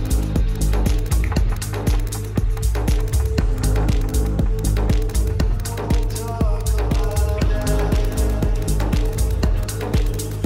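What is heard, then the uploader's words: Loud music plays at a Day of the Dead event in Tucson, Arizona, with a heavy, steady low bass line under sustained melodic notes. Sharp drum hits land regularly throughout, and the melody shifts to higher, busier notes around the six-second mark. Day of the Dead, Tucson Arizona.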